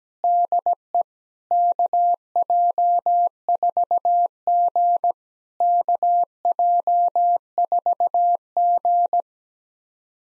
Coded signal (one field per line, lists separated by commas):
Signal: Morse code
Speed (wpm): 17 wpm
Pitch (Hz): 700 Hz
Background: none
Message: DE KJ4G KJ4G